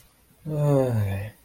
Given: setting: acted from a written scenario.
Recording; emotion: vocal sound without words; neutral